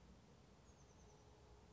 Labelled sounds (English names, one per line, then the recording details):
Oak Titmouse
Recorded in Sonoma County, California